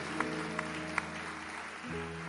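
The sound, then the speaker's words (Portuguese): An audience at a church service applauds the word of God after the Gospel reading as they sit down, in a steady, dense wash of clapping while sustained organ-like chords hold underneath, with a few sharper claps standing out early on. “Vamos nos sentando e aplaudindo a palavra de Deus.”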